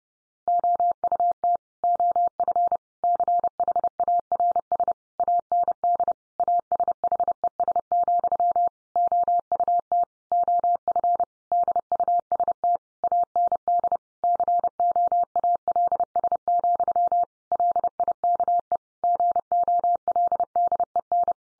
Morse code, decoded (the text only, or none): OUT OF CHARS AND ASHES, OUT OF DUST AND COALS, LIKE GOLDEN